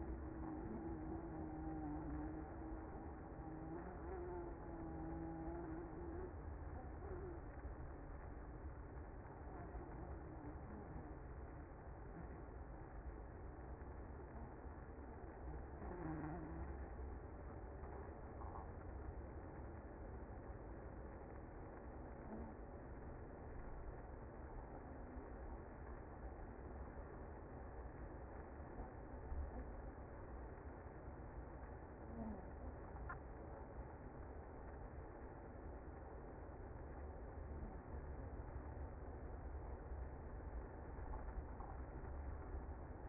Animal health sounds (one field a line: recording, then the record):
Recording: honeybee colony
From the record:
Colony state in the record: active